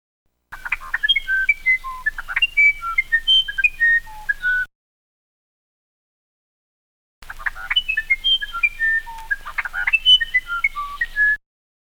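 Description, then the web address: Wren singing two bouts of varied whistled notes, jumping up and down in pitch, each bout lasting about four seconds with a pause between. Warbling. "Psych Book. Categorical Wren Warbling"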